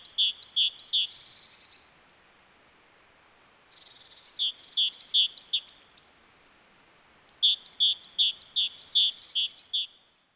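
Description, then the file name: Great tit song: bright two-note phrases repeated rapidly in bursts of several, with thin high twittering and higher notes between bursts and a pause of silence. "Parus major"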